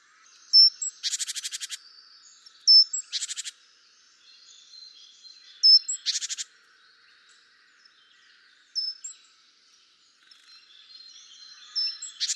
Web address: SETE data Parus major